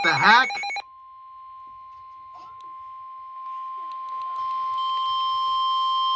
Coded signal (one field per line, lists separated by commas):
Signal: Emergency Alert System (SAME) tones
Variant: 1050 Hz attention tone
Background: speech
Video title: Blizzard Warning On KEC76 - 3/18/25 #COWX #KEC76 #EAS